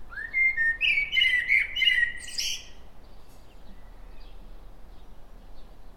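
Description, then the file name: Common blackbird singing one rich whistled phrase that rises into a high scratchy flourish, then quiet background hiss for the remaining seconds. "Turdus merula"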